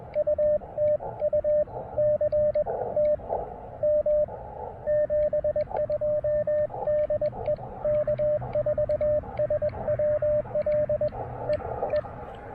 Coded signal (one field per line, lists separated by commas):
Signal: Morse code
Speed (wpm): 20 wpm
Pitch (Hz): 590 Hz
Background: radio noise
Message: UTU C T M 72 DE K4SWL E E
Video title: POTA in Dayton with Friends and testing a new prototype KX2 universal paddle mount!